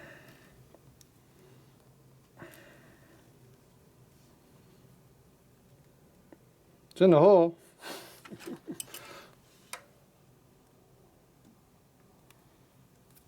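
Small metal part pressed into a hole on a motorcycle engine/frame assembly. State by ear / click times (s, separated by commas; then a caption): not seated / none. A small metal part is pressed and worked into a hole on a 1970 Harley-Davidson XLCH ironhead Sportster bobber being rebuilt, while someone talks briefly. A few faint taps and handling noises follow in a quiet space. The part is in the hole but won't go down yet, and nothing has seated or clicked by the end.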